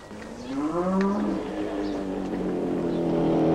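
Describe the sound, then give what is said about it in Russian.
Grazing cows moo in a meadow: a long, low, drawn-out call rises in pitch and then holds steady as a deep droning tone, over a constant background rumble. “Коровы пасутся на лугу.”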